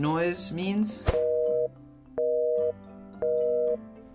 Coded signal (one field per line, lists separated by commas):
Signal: telephone call progress tone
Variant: North America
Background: speech, music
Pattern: busy tone